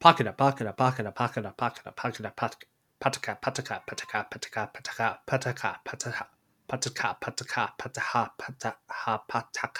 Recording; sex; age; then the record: repeated syllables /pa ta ka/; male; 20 to 29 years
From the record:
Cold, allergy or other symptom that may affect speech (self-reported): no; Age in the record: 22 years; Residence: Missouri, United States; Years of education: 12